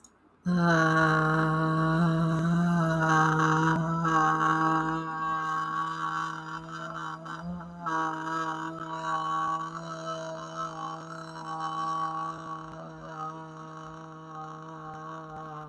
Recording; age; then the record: vowel held as long as possible; 20 to 29 years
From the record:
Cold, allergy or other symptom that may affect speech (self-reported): no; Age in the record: 22 years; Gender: other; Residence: United States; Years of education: 16